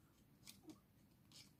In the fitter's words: Ah, d'accord. Oui, ça s'enclenche super bien.